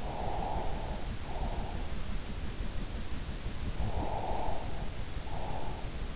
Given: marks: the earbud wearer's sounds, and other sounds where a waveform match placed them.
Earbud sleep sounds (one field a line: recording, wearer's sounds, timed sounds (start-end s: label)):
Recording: sounds in sleep by an in-ear microphone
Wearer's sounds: breath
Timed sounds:
0.11-1.77 s: breath
4.00-5.85 s: breath